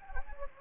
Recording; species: mosquito wingbeat signal from an infrared sensor; Anopheles gambiae